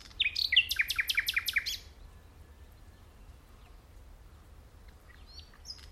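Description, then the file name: Common nightingale song: a quick run of several loud, repeated descending notes, followed by near silence and faint chips at the end. "Luscinia megarhynchos"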